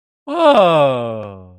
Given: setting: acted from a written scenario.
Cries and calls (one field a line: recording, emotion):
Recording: vocal sound without words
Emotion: positive surprise